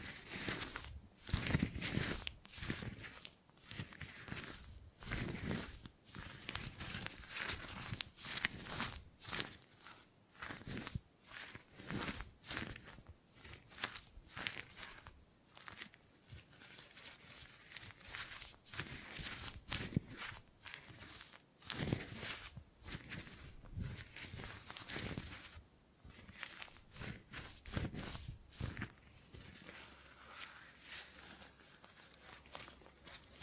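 Hands grip and grab at something, making a dense run of short rustling, scuffing contacts that come in quick, irregular bursts throughout. The sounds are crisp, with sharp bright edges, brief pauses between clusters, and a faint low rumble underneath near the end.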